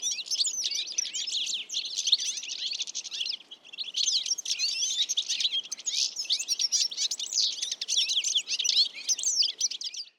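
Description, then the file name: European goldfinch giving continuous bright, tinkling chatter, a rapid, busy stream of high chirps broken by brief pauses. "Carduelis carduelis"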